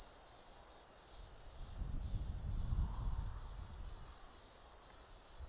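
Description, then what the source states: Cicada (Platypleura divisa): a cicada's rasping high-pitched buzz, chopped into regular pulses about two each second, over faint low rumble. Recorded 13 December, just past Piet Retief.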